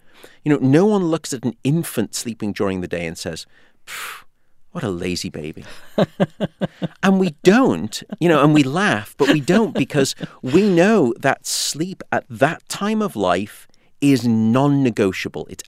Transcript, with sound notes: You know, no one looks at an infant sleeping during the day and says, what a lazy baby.
(Laughter).
And we don't. You know, and we laugh, but we don't because we know that sleep at that time of life is non-negotiable.